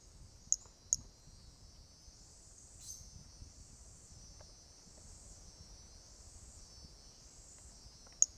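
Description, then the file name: Pumpkin toadlet notes: two quick piercing chirps close together, a long gap, then one more, all above a continuous pulsing high insect buzz. 18 January 2018; individual 05; first note of the call missing; animal not collected. "Brachycephalus mirissimus 18 jan 2018 individual 05 ex 02 first note missing L F Ribeiro not collected"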